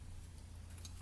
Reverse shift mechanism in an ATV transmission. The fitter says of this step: clicks into place like that